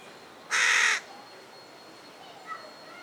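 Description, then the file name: Carrion crow uttering one loud, hoarse caw near the start, followed by quiet with a faint chirp. "Corvus corone"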